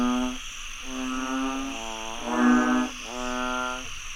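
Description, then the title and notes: Frog chorus of drawn-out harmonic croaks, several calls overlapping and swelling midway, with a steady high-pitched insect drone behind. Frogs croaking after heavy rainfall in Chiang Mai, Thailand. "Frogs croaking after heavy rainfall in Chiang Mai, Thailand. Alex Boyesen"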